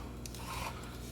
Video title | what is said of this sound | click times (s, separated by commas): SodaStream Genesis MakeOver | that's the click i was looking for | 0.3 s